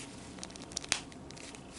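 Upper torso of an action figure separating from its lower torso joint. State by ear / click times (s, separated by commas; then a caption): released / 0.9 s. The plastic torso joint of a 1:12 scale action figure separates at mid-torso with a sharp pop at 0.9 s as the figure is bent into an ab crunch, the upper torso coming apart from the lower. Fainter handling clicks and rustles come before and after, and the overalls are what hold the figure together.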